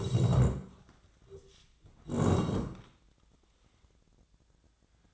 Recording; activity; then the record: daily activity, microphone in the room; sit down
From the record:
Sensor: 3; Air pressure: 1012.3 hPa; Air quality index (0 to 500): 172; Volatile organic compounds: 3 ppm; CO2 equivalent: 1324 ppm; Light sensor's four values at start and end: 81/179/88/97 and 69/161/76/82